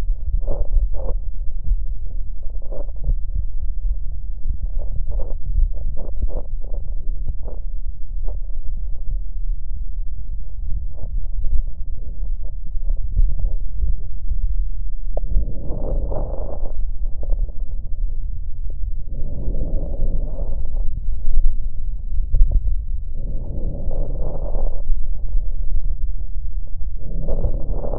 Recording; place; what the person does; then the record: lung sounds by stethoscope; left posterior basal chest; quiet breathing, then deep breathing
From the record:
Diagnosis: none (healthy); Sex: male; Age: 30 years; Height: 190 cm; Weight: 88 kg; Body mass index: 24.4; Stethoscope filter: extended mode